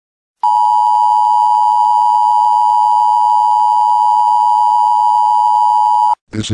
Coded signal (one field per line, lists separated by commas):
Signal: Emergency Alert System (SAME) tones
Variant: 853 and 960 Hz attention tone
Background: speech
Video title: Dark Copper Charlie The Anteater And 2 MLP Troublemakers Force The EAS Reporter To Listen To BS/GD